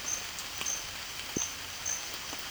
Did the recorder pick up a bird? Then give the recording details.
no. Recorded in pastures near Puerto Asís, Putumayo, Colombia, on 30 June 2025 at 16:30. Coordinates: 0.502, -76.324. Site G010